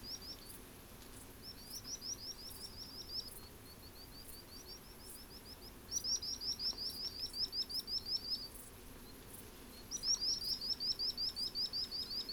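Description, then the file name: Common sandpiper singing rapid high-pitched trills of repeated thin notes, some phrases faint and others louder, in separate runs every few seconds against low background noise. Singing; Portland, 15 August 2017. "Common-Sand-inc-singing-Portland-150817"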